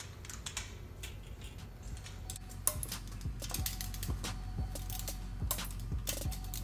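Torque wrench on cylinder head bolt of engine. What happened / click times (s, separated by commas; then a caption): The torque wrench clicked at its set torque / 2.7 s. A click-type torque wrench tightens a cylinder head bolt on a Supra engine block to 65 ft-lb, crushing the metal head gasket's raised portions around each cylinder so it seals completely. Amid a steady low hum and several sharp metallic ticks and clanks, the wrench clicks loudest at 2.7 s, confirming the 65 ft-lb setting was reached.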